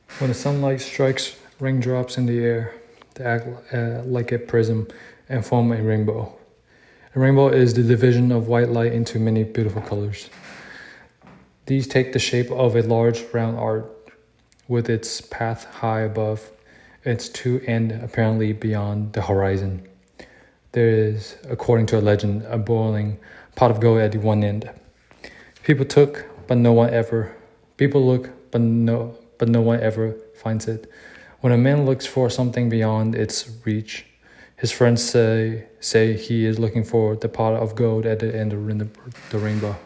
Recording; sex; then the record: reading aloud after running; male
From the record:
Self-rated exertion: light exertion (2 of 6); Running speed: 7 miles an hour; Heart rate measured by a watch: 78 beats a minute at the start, 80 at the end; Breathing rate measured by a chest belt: 17 breaths a minute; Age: 27 years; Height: 185 cm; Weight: 76 kg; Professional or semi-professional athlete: no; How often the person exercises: over 5 times a week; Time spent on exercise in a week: over 5 hours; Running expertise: no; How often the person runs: over 5 times a week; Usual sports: running, weight training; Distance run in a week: 65 km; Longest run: 42 km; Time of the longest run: 214 minutes